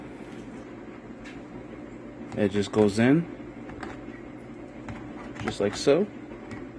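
A Canon 75mm-300mm telephoto zoom lens is being fitted into a camera body's bayonet mount while someone talks over a steady background hum. Faint handling taps come between the bursts of speech, but the lens has not clicked or seated in the mount yet.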